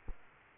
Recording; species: mosquito wingbeat signal from an infrared sensor; Culex quinquefasciatus